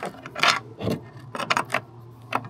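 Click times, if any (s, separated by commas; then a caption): 1.5 s. A Starlink cable plug is pushed into the satellite dish's connector port amid brief scraping and rattling handling noises. A sharp click at 1.5 s marks the plug latching, and it is seated, with a few lighter taps following.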